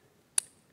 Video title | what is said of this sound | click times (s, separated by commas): GastroLearning Express: How to Deploy a Hot Axios Stent | going to be a satisfying click at step two | 0.4 s